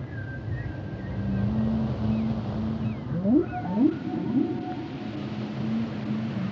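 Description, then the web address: Whale song: long steady low tones and higher whistles, then a burst of quick rising sweeps midway, all over a constant low rumble. "Natures Songs Whale Songs Whales and Dolphins - whale nature sounds songs"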